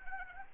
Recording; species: mosquito wingbeat signal from an infrared sensor; Anopheles arabiensis